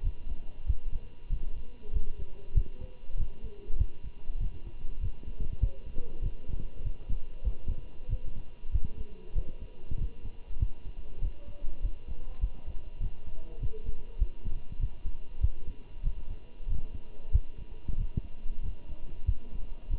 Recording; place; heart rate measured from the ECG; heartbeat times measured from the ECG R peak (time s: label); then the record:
heart sounds by stethoscope; between the tricuspid and mitral areas; 97 bpm
0.04 s: heartbeat
0.67 s: heartbeat
1.30 s: heartbeat
1.94 s: heartbeat
2.55 s: heartbeat
3.18 s: heartbeat
3.79 s: heartbeat
4.41 s: heartbeat
5.02 s: heartbeat
5.61 s: heartbeat
6.22 s: heartbeat
6.84 s: heartbeat
7.45 s: heartbeat
8.09 s: heartbeat
8.72 s: heartbeat
9.35 s: heartbeat
9.99 s: heartbeat
10.60 s: heartbeat
11.22 s: heartbeat
11.83 s: heartbeat
12.42 s: heartbeat
13.01 s: heartbeat
13.60 s: heartbeat
14.19 s: heartbeat
14.80 s: heartbeat
15.42 s: heartbeat
16.04 s: heartbeat
16.69 s: heartbeat
17.33 s: heartbeat
17.98 s: heartbeat
18.63 s: heartbeat
19.27 s: heartbeat
19.91 s: heartbeat
From the record:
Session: walking at 3.7 km/h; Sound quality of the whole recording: good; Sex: male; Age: 23 years